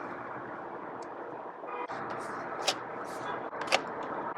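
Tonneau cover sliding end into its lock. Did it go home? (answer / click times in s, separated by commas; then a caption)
yes / 3.6 s, 3.7 s. On a 2021 Lexus GX, the lock release on the tonneau (luggage) cover is pushed in and the cover's end is slid until it latches into its compact storage position, over a steady broadband background hiss. Two sharp clicks sound at 3.6 s and 3.7 s as the cover end seats into its lock.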